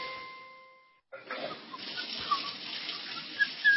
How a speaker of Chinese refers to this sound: 咱北京啊，是个缺水的城市，看见有那水龙头不关的，哗哗流的，心疼啊。啊，咱洗手洗脸打肥皂时候呢，就顺手把水龙头给关上呗，举手之劳何乐而不为呢？